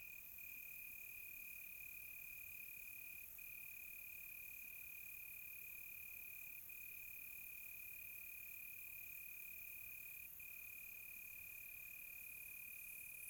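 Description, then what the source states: Continuous cricket trilling with a few split-second breaks, backed by a dense, hissing higher insect chorus. Crickets on a quiet tropical night, recorded close.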